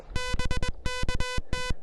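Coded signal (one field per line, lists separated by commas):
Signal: Morse code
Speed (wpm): 21 wpm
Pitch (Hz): 3000 Hz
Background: music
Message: BKT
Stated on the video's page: SOTA activation on a summit using the Elecraft KH1 handheld QRP transceiver.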